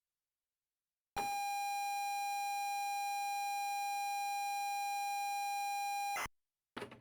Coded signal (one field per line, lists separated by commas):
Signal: ZX Spectrum tape loading